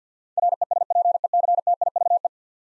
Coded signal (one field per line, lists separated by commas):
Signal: Morse code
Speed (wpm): 50 wpm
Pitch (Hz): 700 Hz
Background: none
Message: RESPECTIVE